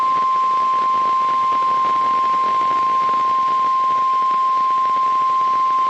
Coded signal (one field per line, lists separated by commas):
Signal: Emergency Alert System (SAME) tones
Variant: 1050 Hz attention tone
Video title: Still More From The Backlogs... EAS Alerts from 7/2/2022 (EAS #1357-1360)